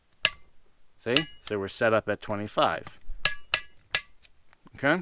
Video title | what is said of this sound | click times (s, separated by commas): Wheeler FAT Wrench Review | put this in here and we torque you'll know you get there because you'll hear a click see | 0.2 s